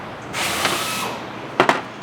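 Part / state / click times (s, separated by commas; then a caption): kingpin lock pin into truck steering spindle / seated / 1.6 s, 1.7 s. A tapered steel lock pin is pushed thread side first into the steering spindle of a 1966 Ford F100 truck so it wedges into the notch of the steel kingpin. A broad hiss fills the first second, then two sharp metallic hits land at 1.6 s and 1.7 s. The lock pin seats in the kingpin notch.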